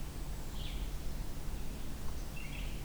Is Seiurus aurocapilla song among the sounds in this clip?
no